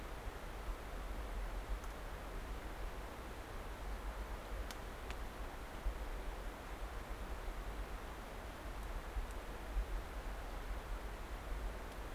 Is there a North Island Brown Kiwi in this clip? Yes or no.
no